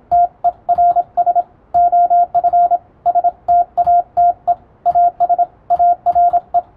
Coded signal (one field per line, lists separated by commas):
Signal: Morse code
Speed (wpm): 27 wpm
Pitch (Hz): 700 Hz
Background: radio noise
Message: TERS OF STATE AS ARE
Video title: タイプ受信する無線通信士！モールス信号のンとツーを読み解くとあら不思議文章になります、情報処理の基礎！(morsecode practice for radiotelegraph operator)